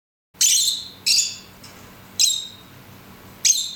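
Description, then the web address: Bird chirping in four short, bright, high-pitched bursts, spaced irregularly about a second apart over a quiet background. "Chika Pengusir-Hama-Burung-Otomatis. dataset bird"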